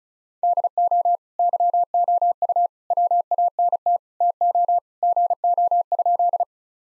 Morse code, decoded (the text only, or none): DO YOU WANT TO GO?